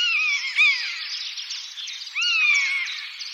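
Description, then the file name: Common buzzard giving three sloping, whistled mews, the last two about a second and a half apart, partly masked by a constant hiss of chattering sounds. "Buse variable"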